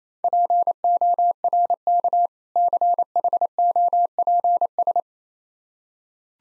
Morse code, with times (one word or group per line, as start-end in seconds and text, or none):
0.2-2.3 PORK
2.6-5.0 CHOPS